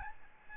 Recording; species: mosquito wingbeat signal from an infrared sensor; Aedes albopictus